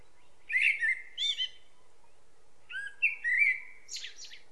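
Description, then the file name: Common blackbird song: two mellow fluted warbling phrases, each closing with higher squeaky twitters, separated by a short pause. "Turdus merula"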